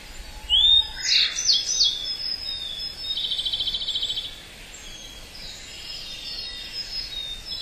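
Gray bunting phrase of a rising whistle and quick high notes, followed by a fainter, even, buzzy trill and quieter notes against a faint hiss.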